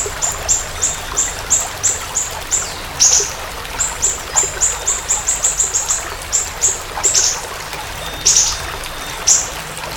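Siri-siri bird singing a long run of sharp, high-pitched ticking notes at an even pace, broken by occasional louder buzzy chirps.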